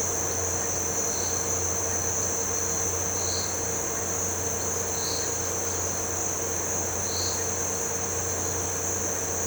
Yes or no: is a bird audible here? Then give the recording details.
no. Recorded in pastures near Puerto Asís, Putumayo, Colombia, on 9 March 2025 at 17:30. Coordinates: 0.466, -76.322. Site CSA-02